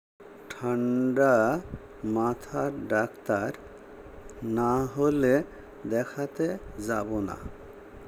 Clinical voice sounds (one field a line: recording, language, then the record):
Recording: elicited speech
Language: Bengali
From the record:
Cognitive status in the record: dementia